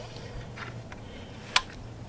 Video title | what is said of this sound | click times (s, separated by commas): EUYBIKE K6 Pro Max Electric Bike Review - 20x4" 52V 3000W Dual Motor 52V Folding E-Bike by EUY | And that locks it in place. | 1.6 s